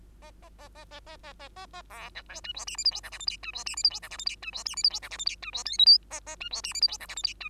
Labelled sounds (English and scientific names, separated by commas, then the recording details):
Bengalese Finch (Lonchura striata domestica) song
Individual Bird2